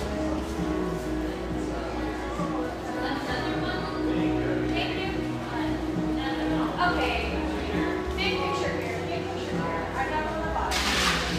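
Steady murmur of overlapping voices in an industrial-aesthetic cafe, with a low hum underneath and a brief bright clatter near the end.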